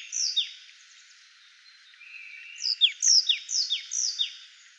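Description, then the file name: Marsh tit calls, two sharp descending notes, a pause, then a quick series of several bright downslurred notes. "Poecile palustris"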